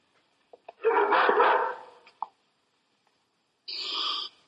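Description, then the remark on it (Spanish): A frightened dog gives a long, strained bark-howl, then after a short pause lets out a second, higher, whining howl, with a few small clicks and yelps in between and no talking. “Su perro está asustado.”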